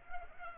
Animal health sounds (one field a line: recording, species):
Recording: mosquito wingbeat signal from an infrared sensor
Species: Culex pipiens